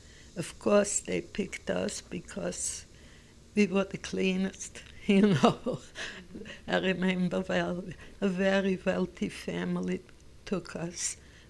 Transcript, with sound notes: Of course, they picked us because we were the cleanest, you know. ( she laughs ) I remember, well, a very wealthy family took us.